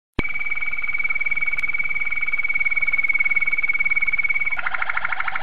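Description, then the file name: Canary song: one pure whistled note held for about four seconds, ending in a rapid bubbling trill. "suara kenari waterslager"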